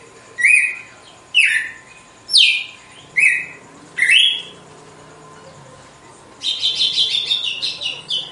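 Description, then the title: Red-cowled cardinal singing five clear, slurred whistles about one second apart, then a quick, rhythmic chattering phrase to finish. Female song; style called açoite, described as pure, strong, clean and evenly measured. "Canto Galo Campina Fêmea. GALO DE CAMPINA, AÇOITE PURO, FORTE, LIMPO E COMPASSADO"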